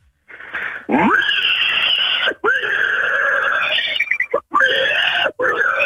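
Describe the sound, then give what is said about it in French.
A voice imitates a pig squealing in an animal-sound guessing game: loud, shrill, strained squeals held for long stretches, with short gaps breaking them into about four bursts. “C'est le cochon, ça, non?”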